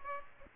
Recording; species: mosquito wingbeat signal from an infrared sensor; Aedes aegypti